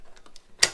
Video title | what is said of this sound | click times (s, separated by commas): How to Install an SW Motech Tank Bag on my Kawasaki Z650 | down it goes hear the click | 0.6 s